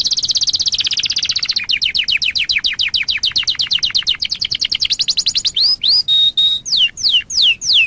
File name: waterslager